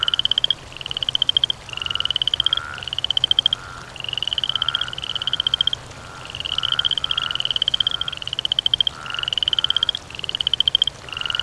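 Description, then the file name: Frog croaking in a series of rapid pulsed trains, each under a second long. Croaking, by water. "voda kvak kuznechik"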